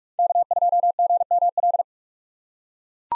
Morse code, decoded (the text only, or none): K2GML